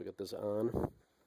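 A plastic H-shaped clip is handled on the lower radiator under-cover of a 2004–2007 BMW 525i/530i/530xi during radiator replacement, while someone talks. The clip ends before it snaps into place; nothing has seated or clicked yet.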